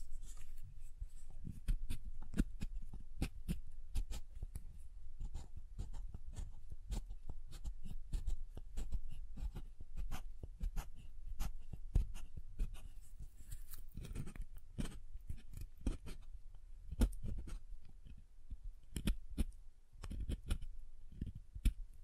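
Tapping and carving on a bar of soap: a steady run of quick, crisp ticks and scrapes, several per second, each with a soft dull thud underneath. The pace stays busy throughout, with slightly louder, sharper clusters around the middle and near the end.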